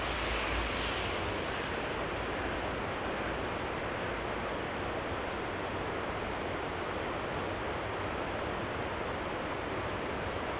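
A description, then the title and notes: An outdoor soundscape near a church: a steady, dense rush of noise fills the whole clip, like traffic or surf, with a low rumble underneath. The hiss is slightly brighter in the first second or two, and no distinct events stand out. Soundscape - Lauterbach Church. At the cemetery with the view of the church.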